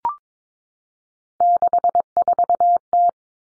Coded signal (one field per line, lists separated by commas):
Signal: Morse code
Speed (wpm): 22 wpm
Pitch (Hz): 700 Hz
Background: none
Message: 64T